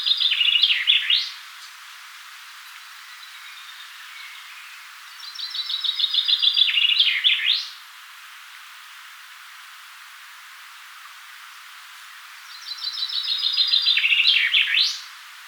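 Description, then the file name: Common chaffinch song: three cascading trills, each ending in an upswept flourish, separated by pauses of several seconds over a quiet background. "Fringilla coelebs"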